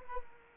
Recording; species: mosquito wingbeat signal from an infrared sensor; Culex quinquefasciatus